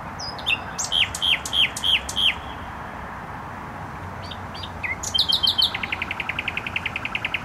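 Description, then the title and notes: Nightingale song: a run of repeated downslurred whistled notes, a pause, then clicks and a fast rapid rattling trill, over steady low traffic rumble. Singing in bushes close to a noisy motorway, Trasa Toruńska, Bródno-Podgrodzie, Warsaw, Poland; recorded with an Olympus LS-11. "Bródno-Podgrodzie, Warszawa, Polska - Trasa Toruńska Nightingale. Recording nightingale singing in bushes close to noisy motorway"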